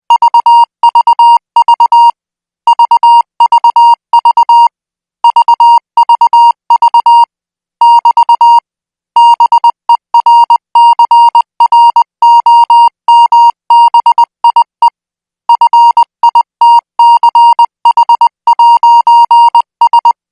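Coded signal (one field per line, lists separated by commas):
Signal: Morse code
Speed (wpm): 20 wpm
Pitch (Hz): 940 Hz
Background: music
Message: VVV VVV VVV <BT> BERCROMBIE FITCH'S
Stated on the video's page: Morse code signal sent at 20 words per minute, made for military signal school training.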